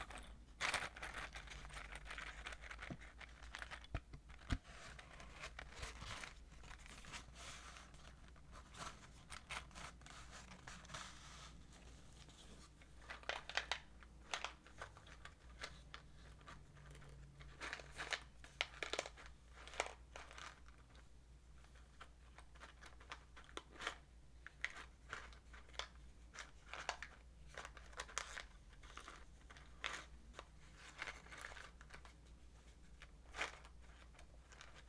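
Wooden matches and glass make a steady stream of small clicks, rattles and taps, dense in the first seconds and then coming in uneven bursts. The sharp, bright ticks recur every second or so over a constant low hum.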